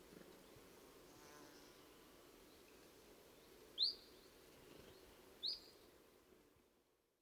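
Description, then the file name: Great tit calls: two brief high chirps spaced about two seconds apart over a steady low hiss of background noise. "Parus major"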